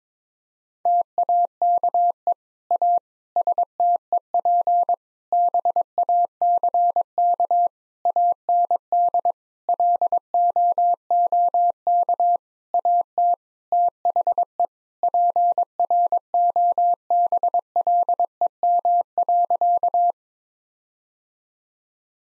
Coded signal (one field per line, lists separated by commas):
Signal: Morse code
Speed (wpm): 22 wpm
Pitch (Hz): 700 Hz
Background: none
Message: TAKE A STEP BACK AND LOOK AT THE PROBLEM.